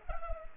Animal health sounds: mosquito wingbeat signal from an infrared sensor; Culex pipiens

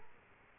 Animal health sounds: mosquito wingbeat signal from an infrared sensor; Culex quinquefasciatus

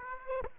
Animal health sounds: mosquito wingbeat signal from an infrared sensor; Aedes aegypti

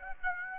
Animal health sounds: mosquito wingbeat signal from an infrared sensor; Aedes aegypti

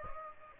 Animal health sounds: mosquito wingbeat signal from an infrared sensor; Aedes aegypti

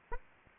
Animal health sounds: mosquito wingbeat signal from an infrared sensor; Aedes aegypti

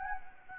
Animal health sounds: mosquito wingbeat signal from an infrared sensor; Anopheles gambiae

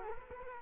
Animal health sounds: mosquito wingbeat signal from an infrared sensor; Culex quinquefasciatus

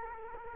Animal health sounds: mosquito wingbeat signal from an infrared sensor; Culex quinquefasciatus

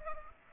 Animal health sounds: mosquito wingbeat signal from an infrared sensor; Culex pipiens

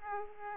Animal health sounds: mosquito wingbeat signal from an infrared sensor; Aedes aegypti

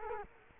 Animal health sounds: mosquito wingbeat signal from an infrared sensor; Culex quinquefasciatus

